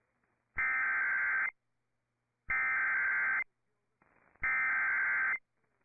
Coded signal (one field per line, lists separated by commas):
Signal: Emergency Alert System (SAME) tones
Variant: header bursts